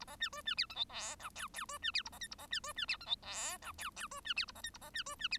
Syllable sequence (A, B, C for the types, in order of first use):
A B C D C E F G H I J J D C E A B K A B C D C E F G H I J J D C E A B K A B C D C E